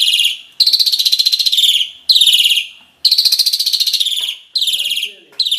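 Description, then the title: Asian pied starling song, loud harsh rasping phrases of rapid pulsed notes, with short gaps between. "Jalak Suren"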